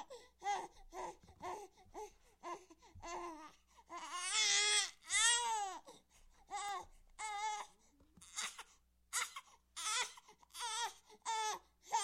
Baby Crying, Out Of Breath, Human.